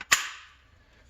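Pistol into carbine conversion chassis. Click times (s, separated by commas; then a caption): 0.1 s. A pistol is slid forward inside a CAA MCK carbine conversion chassis, fitted with an enhanced charging handle. After a faint tick at the very start, it locks into place with a sharp, bright snap at 0.1 s, and a short metallic ring fades over about a third of a second. The pistol is fully seated in the chassis, leaving only a low background hum.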